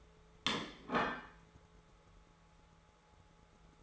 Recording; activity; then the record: daily activity, microphone in the room; place plate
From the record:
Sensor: 3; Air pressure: 1015.0 hPa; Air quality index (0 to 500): 208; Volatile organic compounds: 34 ppm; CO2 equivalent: 3032 ppm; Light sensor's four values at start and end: 29/72/31/33 and 21/52/22/23